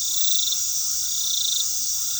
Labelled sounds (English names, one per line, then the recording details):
none
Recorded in pastures near Puerto Asís, Putumayo, Colombia, on 21 February 2024 at 20:30
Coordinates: 0.468, -76.328
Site G6414